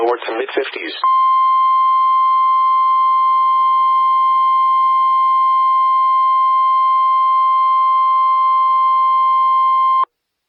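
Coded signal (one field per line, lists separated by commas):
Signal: Emergency Alert System (SAME) tones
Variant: 1050 Hz attention tone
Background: speech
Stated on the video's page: NOAA Weather Radio relays carry only 1050 Hz attention tones without SAME headers; recorded from an online stream of the weather radio transmitter and an FM station's web stream.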